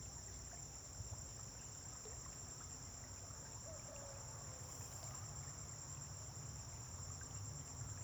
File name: Amanhecer na fazenda com grilos veiculos passando em estrada longe